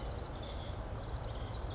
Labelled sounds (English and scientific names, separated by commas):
Oak Titmouse (Baeolophus inornatus)